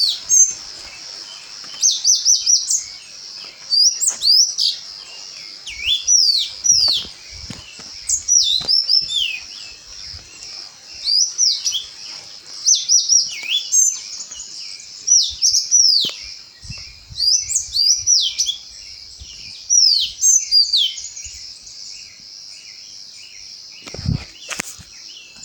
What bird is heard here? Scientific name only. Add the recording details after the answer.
Serinus flavivertex. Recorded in Bwindi, Uganda